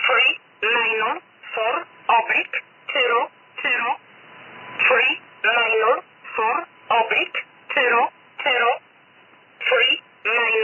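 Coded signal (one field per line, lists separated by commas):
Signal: numbers station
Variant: E11 'Oblique'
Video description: Here is a recording of the E11 Polish numbers station as received in Birmingham UK on the 5th of March 2022 at 19:10 GMT.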